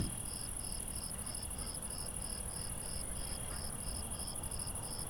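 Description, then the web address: Crickets calling in an even, rapid series of chirps, about three per second, over a constant shrill trill and faint low rumble. At night. "Recorded Night Crickets"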